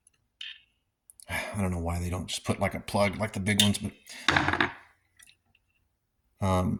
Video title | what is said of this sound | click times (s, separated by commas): Harbor Freight 2 ton Pittsburgh trolley jack review | until you hear like a you'll hear the snap these aren't very | 0.4 s